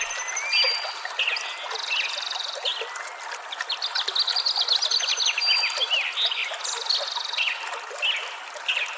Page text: by SpaceLabStudio on AudioJungle. Tree and house sparrows singing the song.